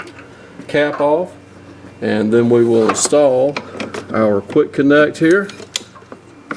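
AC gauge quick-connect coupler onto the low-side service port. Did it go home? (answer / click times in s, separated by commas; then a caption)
yes / 5.8 s. Someone talks while the blue low-side gauge hose quick-connect coupler is pushed onto the metal low-side service port on the accumulator. A sharp snap at 5.8 s marks the coupler seating onto the port, followed by two fainter clicks.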